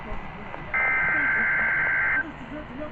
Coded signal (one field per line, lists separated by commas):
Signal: Emergency Alert System (SAME) tones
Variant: header bursts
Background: speech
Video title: EAS Alerts